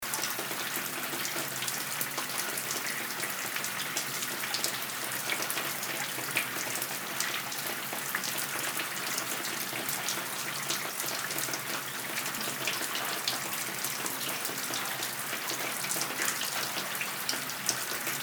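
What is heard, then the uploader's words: A large showerhead runs in a steady, dense hiss of falling water, bright, with fine spattering throughout and no pauses. WT, Large Showerhead, Water Dripping by Bandeto.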